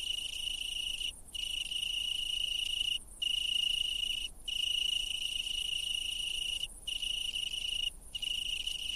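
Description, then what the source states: Italian tree cricket, a sustained musical high trill with a slightly wavering loudness, cut by five short breaks at irregular intervals. Males sing so that females can locate them and mate.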